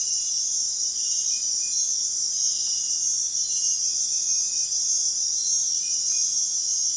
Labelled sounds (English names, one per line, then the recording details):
none
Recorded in dense forest near Puerto Asís, Putumayo, Colombia, on 20 February 2024 at 05:30
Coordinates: 0.499, -76.324
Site G6469